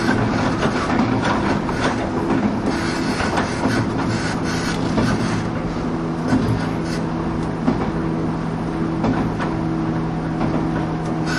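A train runs along the line, heard as a steady, dense rumble with a low droning hum underneath. The level stays even throughout, broken only by a few sharp clicks and rattles, most noticeably around six and eight seconds in.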